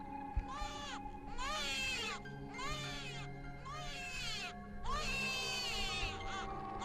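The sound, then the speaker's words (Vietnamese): An infant lying on a small raft among water hyacinths, its body soaked in cold water, cries in four drawn-out, high-pitched wails separated by short breathy pauses, the last wail the longest, over a steady low background hum. “Nó đưa ánh mắt yếu ớt nhìn về phía bà, rồi sau đó lại cất tiếng khóc.”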